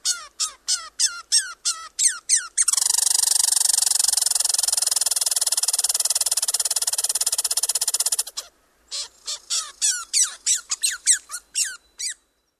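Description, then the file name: Red squirrel calling: rapid descending chips, then a long harsh buzzing rattle of about six seconds, ending with more repeated sharp chips. "red squirrel lang elliott"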